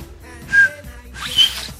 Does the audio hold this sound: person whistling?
yes